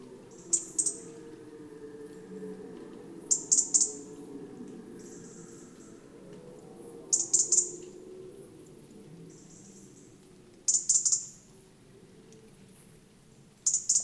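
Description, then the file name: European robin giving thin, very high-pitched call notes in short clustered bursts, spaced a few seconds apart, over a steady low rumble of background noise. "Erithacus rubecula"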